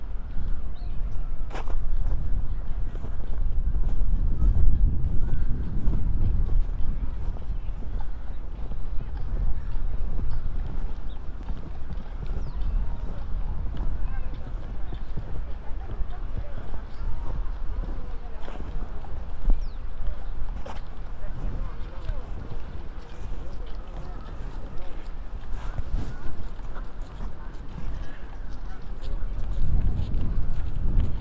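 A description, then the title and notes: A walk through a snowy city park, with people talking and a steady low rumble of outdoor activity throughout. Faint hoof clops and scattered clicks punctuate the crowd murmur, and a honk may sound. The low rumble swells near the start and end. A binaural field recording of walking in Central Park after a snow storm. There are horses, families playing, people talking and eventually me walking in Strawberry Fields covered in 8 inches of snow. It was a windy day, so there is some wind noise.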